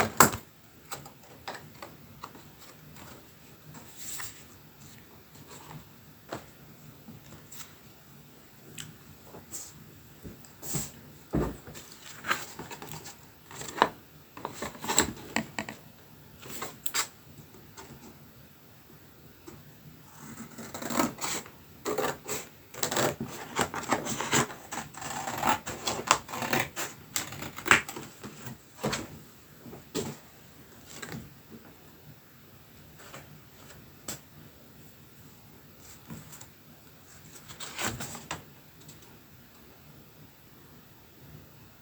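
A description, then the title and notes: Paper crafting: scissor snips, punches and ribbon handling come as short crisp clicks and rasps at irregular intervals. A denser run of rustling and cutting fills the middle, from about 20 to 30 seconds. A faint high hiss runs steadily underneath. Party Card Bunting. Sound spa of scissor cuts, hole punching and ribboning - for mindfulness and ASMR.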